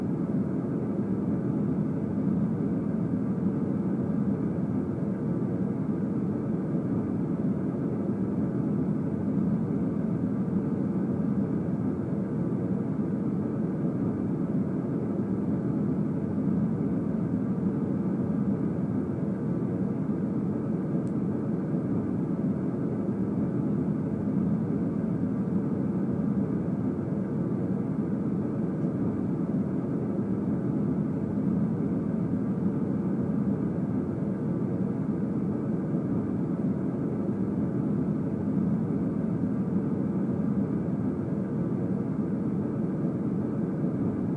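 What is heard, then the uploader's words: Airplane cabin noise, a steady low roar filling the whole 44 seconds with no breaks or changes in level. The sound is dense and deep, centered in the low rumble with faint hum lines above it, and little brightness at the top. ASMR Airplane.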